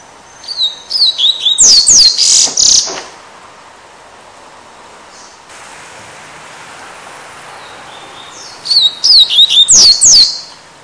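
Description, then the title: Double-collared Seedeater song, two rapid phrases of high, sweeping whistled notes separated by a quiet gap of about six seconds. "Canto Coleiro"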